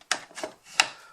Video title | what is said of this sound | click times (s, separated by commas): 1989 Razorback & Wild Boar Iron Grenadiers G.I. Joe review | It actually does click into place up and down. | 0.1 s, 0.8 s